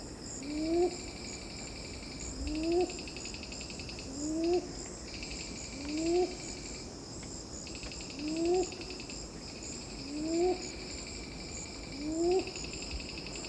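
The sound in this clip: Red-billed ground cuckoo repeating a low, rising note seven times at a steady pace of roughly two seconds, against a constant chorus of buzzing insects.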